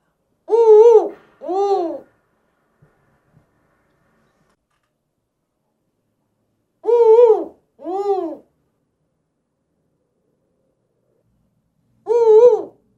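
Spotted eagle-owl giving two-note hoots, the second note lower, the pair repeated about every six seconds; otherwise quiet.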